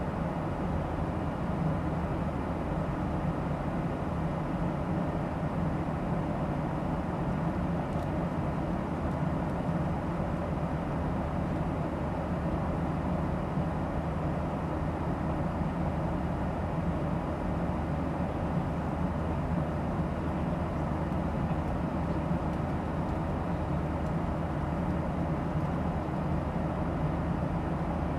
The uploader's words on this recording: The sounds of a flight from San Francisco International Airport to Phoenix Sky Harbor International Airport. The gentle background noise of the air conditioning and ventilation system.